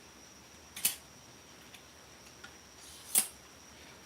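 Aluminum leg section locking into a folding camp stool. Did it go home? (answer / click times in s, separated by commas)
yes / 0.9 s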